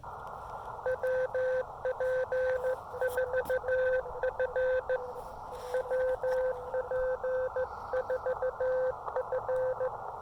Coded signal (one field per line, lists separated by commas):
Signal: Morse code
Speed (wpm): 16 wpm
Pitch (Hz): 510 Hz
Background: none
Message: WP4F WP4F